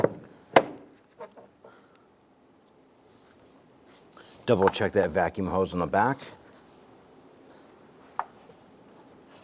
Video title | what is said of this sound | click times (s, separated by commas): How to Replace High Beam Light Bulb 2005-2010 Chrysler 300 | and press down and you'll hear these two snap into place | 0.1 s, 0.6 s